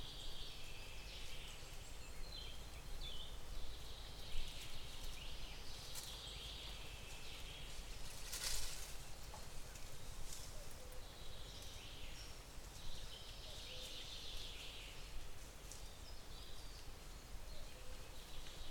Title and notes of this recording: Sounds of the forest. A recording from a beech forest, where we can hear birds, mice walking on dry leaves